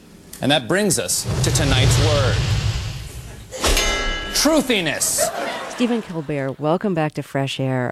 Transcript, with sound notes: And that brings us to tonight's word: truthiness.
(Soundbite of laughter)
Stephen Colbert, welcome back to FRESH AIR.